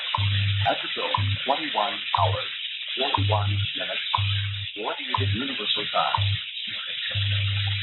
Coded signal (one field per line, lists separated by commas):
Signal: radio time signal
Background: speech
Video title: Live Shortwave radio stream Saturday April 4th 2026